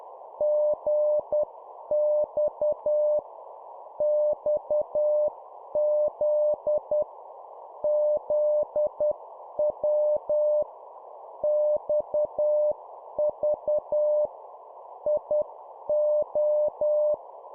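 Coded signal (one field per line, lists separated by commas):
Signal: Morse code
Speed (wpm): 10 wpm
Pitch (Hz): 600 Hz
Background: none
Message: GX XZ ZW XV IO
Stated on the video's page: Morse drill of two-letter words at 10 wpm.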